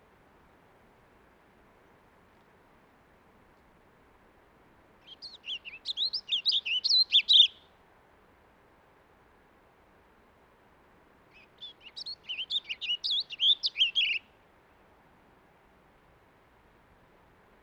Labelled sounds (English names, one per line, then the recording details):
Warbling Vireo song
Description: Warbling Vireo song recorded on the Cub Lake Trail in Rocky Mountain National Park
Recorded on 30 May 2017